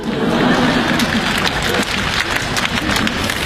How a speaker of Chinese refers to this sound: 鼓掌的都明白呀。 是，都是挨过宰的。